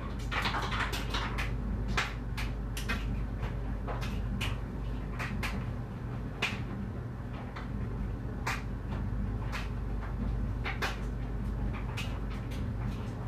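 A clothes dryer tumbles with a steady low rumble and hum that holds level throughout. Sharp clicks and knocks from items hitting the drum come irregularly, several per second at times, with brighter thuds near 2, 6.5 and 8.5 seconds.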